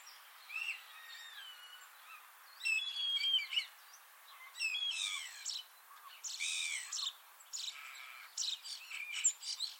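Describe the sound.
Common starling song: a long medley of slurred whistles, rattles and buzzy chatter that rises and falls in uneven bursts.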